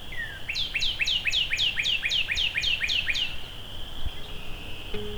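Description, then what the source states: Northern cardinal song: a quick run of about a dozen clear downslurred notes. Singing up and to the right of the recordist.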